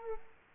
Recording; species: mosquito wingbeat signal from an infrared sensor; Culex quinquefasciatus